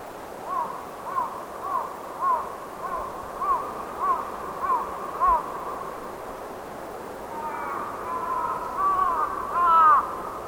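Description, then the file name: Crow giving a run of short, evenly spaced calls, then louder, rougher calls near the end, against a steady background hiss. Crows calling while moving. "BIRD CROWS 2 CALL MOVING"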